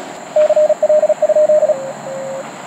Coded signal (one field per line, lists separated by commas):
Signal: Morse code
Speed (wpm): 38 wpm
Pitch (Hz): 610 Hz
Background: radio noise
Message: CL?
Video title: Ham Radio - QRP - MTR4B - Bicycle - CWOPs - John Glenn Memorial Park